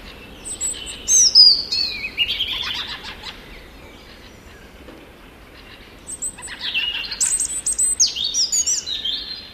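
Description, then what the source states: European robin delivering two bursts of high, liquid warbling with rapid twittering notes, separated by a pause. Played at a listener's request.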